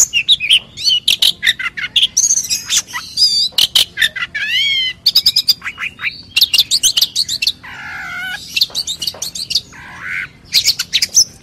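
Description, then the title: Oriental magpie-robin song rich in variety: clear rising and falling whistles, wavering slurs and crisp ticking notes mixed in a busy, changing phrase. "Kacer"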